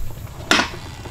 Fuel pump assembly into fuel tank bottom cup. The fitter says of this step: all right we've got the fuel pump back assembled when it gets down in the cup um you can hear it snap